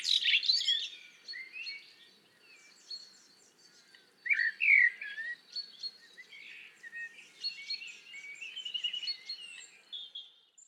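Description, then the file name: Common blackbird song: a run of mellow whistled phrases with squeaky high twitters, with loud bursts near the start and middle. "Turdus merula"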